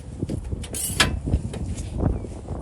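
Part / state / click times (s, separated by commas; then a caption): car door or lid latch into its striker / partly seated / 1.0 s. The old, sticky door lock and latch on a 1973 Nova that sat for 12 years is worked and the door is closed into its striker. Several light knocks and rattles build up to a loud mechanical clunk at 1.0 s, when the latch clicks. It seems to lock but does not latch tight.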